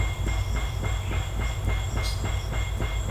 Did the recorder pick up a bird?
yes